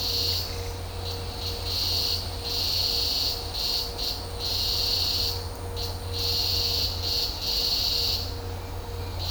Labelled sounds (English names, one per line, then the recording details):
none
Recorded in dense forest near Puerto Asís, Putumayo, Colombia, on 26 December 2024 at 13:00
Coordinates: 0.503, -76.323
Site G043